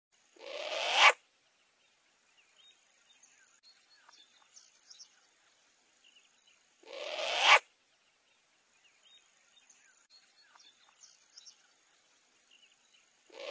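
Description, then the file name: Short-eared owl repeating a coarse, hissing screech about every six seconds, each swelling then stopping short, with faint twittering notes in the pauses. "Canto da Coruja do nabal"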